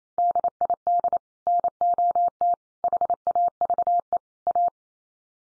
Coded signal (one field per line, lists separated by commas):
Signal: Morse code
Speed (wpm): 28 wpm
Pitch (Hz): 700 Hz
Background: none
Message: DID NOT HAVE A